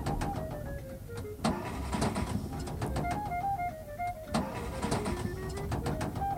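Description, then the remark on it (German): A Studebaker car engine coughs and sputters with irregular bursts of rough, rumbling noise before losing power and stalling, while thin high tones glide and wobble over it. “Nanu, was ist denn auf einmal mit dem Wagen los?”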